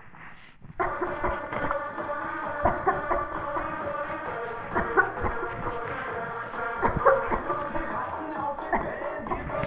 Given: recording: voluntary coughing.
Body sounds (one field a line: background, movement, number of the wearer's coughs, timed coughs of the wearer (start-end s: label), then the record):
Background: music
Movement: sitting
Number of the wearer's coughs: 14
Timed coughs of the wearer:
0.77-1.21 s: cough
1.21-1.49 s: cough
1.52-1.81 s: cough
2.62-3.02 s: cough
3.08-3.34 s: cough
3.44-3.66 s: cough
4.73-5.15 s: cough
5.22-5.54 s: cough
5.64-5.85 s: cough
6.80-7.22 s: cough
7.29-7.66 s: cough
7.66-7.89 s: cough
8.70-8.90 s: cough
9.29-9.50 s: cough
From the record:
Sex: female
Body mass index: 18.8 kg/m2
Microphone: on the chest, facing the body